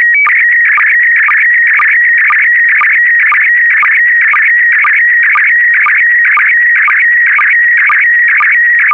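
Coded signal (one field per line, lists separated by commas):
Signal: SSTV (slow-scan television)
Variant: PD120 mode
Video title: (11 of 12) ISS Expedition 65 - MAI 75 August 2021 - Retransmission SSTV PD120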